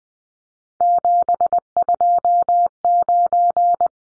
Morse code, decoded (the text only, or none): 729